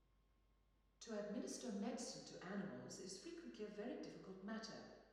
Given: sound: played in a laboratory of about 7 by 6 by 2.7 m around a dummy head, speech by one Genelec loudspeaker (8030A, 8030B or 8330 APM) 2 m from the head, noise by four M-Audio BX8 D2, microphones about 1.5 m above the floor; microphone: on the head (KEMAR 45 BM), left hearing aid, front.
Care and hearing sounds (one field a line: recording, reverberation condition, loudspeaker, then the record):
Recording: female speech in English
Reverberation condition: high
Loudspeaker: 150 degrees to the left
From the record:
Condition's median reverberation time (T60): about 1300 ms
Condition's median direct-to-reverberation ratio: about -4.0 dB